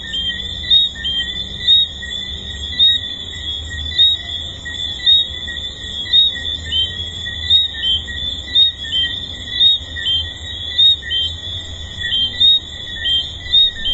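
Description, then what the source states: Chorus of tree frogs: many repeated high whistled notes, loud pulses arriving regularly about once a second throughout, faint low rumble beneath. Recorded at the Hedonism II resort.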